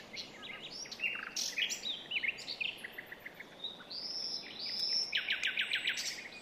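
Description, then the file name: Common nightingale song, a jumble of sharp chirps and whistles ending in a fast series of repeated clicking notes. "Luscinia megarhynchos"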